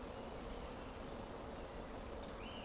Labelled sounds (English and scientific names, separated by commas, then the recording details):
Eurasian Woodcock (Scolopax rusticola) whistle
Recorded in Baden-Württemberg, Germany, on 23 June 2020 at 20:06 UTC
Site 14569, 102 m above sea level